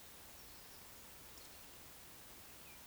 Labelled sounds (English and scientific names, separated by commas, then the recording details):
Eurasian Woodcock (Scolopax rusticola) whistle
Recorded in Baden-Württemberg, Germany, on 19 June 2020 at 19:48 UTC
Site 49006, 684 m above sea level